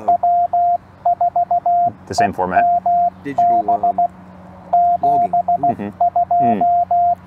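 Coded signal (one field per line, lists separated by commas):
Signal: Morse code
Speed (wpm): 16 wpm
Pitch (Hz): 700 Hz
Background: speech, radio noise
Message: W4EMB 72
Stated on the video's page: CW during a park activation, used as copy practice.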